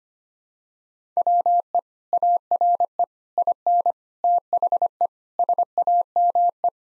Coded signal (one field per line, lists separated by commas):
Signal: Morse code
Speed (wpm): 25 wpm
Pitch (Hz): 700 Hz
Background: none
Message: WE ARE IN THE SAME